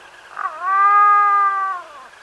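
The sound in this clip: Black-throated loon giving a drawn-out, steady tonal wail lasting about a second, with a brief rough note before it.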